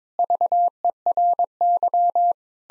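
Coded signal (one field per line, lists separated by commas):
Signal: Morse code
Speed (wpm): 22 wpm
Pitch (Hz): 700 Hz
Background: none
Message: VERY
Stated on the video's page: Morse practice at 22 wpm, sentences with common six-word phrases, sent, spoken, then sent again for head-copy.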